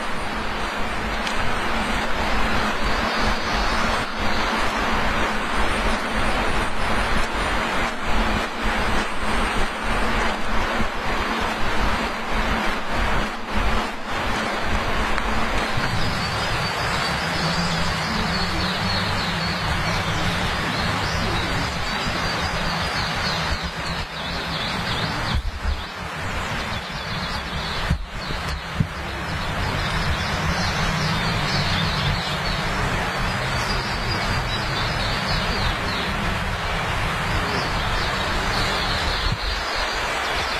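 Flowing water rushes steadily, a dense, unbroken wash that fills everything from a low rumble to a bright hiss. The low rumble shifts in tone around sixteen seconds, with brief softer moments near twenty-five and twenty-eight seconds.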